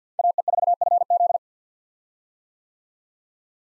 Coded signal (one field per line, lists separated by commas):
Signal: Morse code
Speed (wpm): 50 wpm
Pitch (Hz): 700 Hz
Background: none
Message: AE4FZ